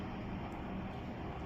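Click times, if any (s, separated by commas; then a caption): none. A battery pack is being pushed into the battery port of a Black and Decker LSW221 cordless hard surface sweeper. Only a steady broadband rumbling noise is heard, with no sharp sounds. Nothing has seated or clicked yet.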